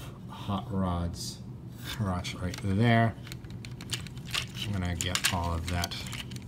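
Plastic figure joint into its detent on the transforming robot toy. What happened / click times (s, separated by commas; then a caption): Plastic joint handled, not yet clicked into place / none. Someone talks while handling a plastic joint at the crotch area of a Power of the Primes Leader Class Evolution Rodimus Unicronus transforming robot toy, working it toward its detent. Light plastic taps and clicks come around 3.5–4.4 seconds and again near 6.3 seconds. The joint has not clicked into place yet.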